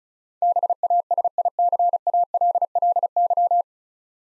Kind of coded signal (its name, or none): Morse code